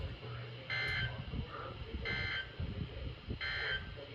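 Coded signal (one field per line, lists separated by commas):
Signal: Emergency Alert System (SAME) tones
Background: speech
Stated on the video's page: Real captured EAS alerts for floods, high winds and thunderstorms from Central Virginia.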